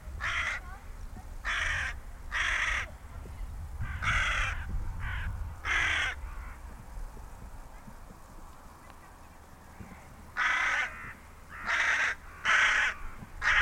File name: Corvus corone